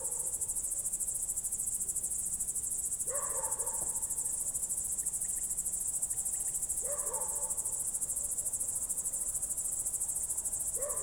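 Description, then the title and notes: Steady high-pitched cricket trilling, rapidly pulsed and unbroken, with a lower tonal sound in the background recurring about every four seconds. Night crickets outside the window, heard from bed late in the evening, Goworów, Poland, night of 18 July 2022, World Listening Day; recorded on Zoom F4 with AT BP4025. "Goworów, Poland - World Listening Day/Night 18/07/2022-night crickets. słuchałem świerszczy zza okna"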